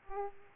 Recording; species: mosquito wingbeat signal from an infrared sensor; Aedes aegypti